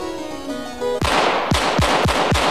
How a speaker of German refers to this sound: Laut klatscht er. Wer? Der Polizist. Mehrmals in die Hände.